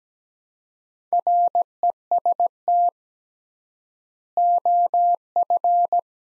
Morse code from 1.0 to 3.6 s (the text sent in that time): REST